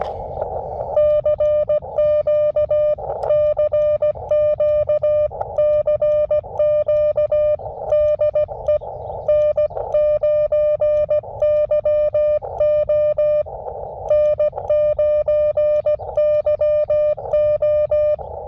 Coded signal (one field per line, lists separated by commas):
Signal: Morse code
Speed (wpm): 17 wpm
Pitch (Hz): 600 Hz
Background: music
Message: CQ CQ CQ DE N9YO N9YO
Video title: What has N9YO been doing? Elecraft KX2 & AX1 + CW Morse